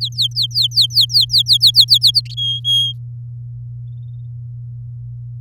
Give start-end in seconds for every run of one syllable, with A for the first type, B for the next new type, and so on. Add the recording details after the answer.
0.01-2.21 A, 2.37-2.93 B. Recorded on 8 May 2018 at 06:21. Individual llb16